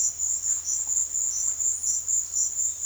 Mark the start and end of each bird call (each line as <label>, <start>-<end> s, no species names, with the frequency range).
bird call (7.4-11.4 kHz), 1.53-1.97 s